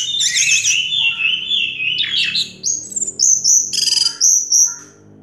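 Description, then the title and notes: Orange-headed thrush song: a continuous, varied run of high warbled and trilled phrases, then shorter sharp bursts of whistles and chatter toward the end. Anis merah song in the 'teler' style, with a clear voice. "Anis Merah Teler Suara Jernih. suara anis merah"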